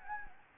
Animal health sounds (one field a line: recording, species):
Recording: mosquito wingbeat signal from an infrared sensor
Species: Anopheles gambiae